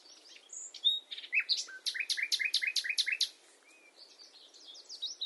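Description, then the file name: Common nightingale song: varied whistles leading into a loud, regular series of sharp double notes, followed by quieter high twittering. "Luscinia megarhynchos"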